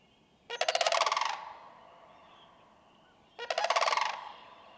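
Sandhill crane producing two loud, vibrating, rolling calls nearly three seconds apart over a soft background hiss.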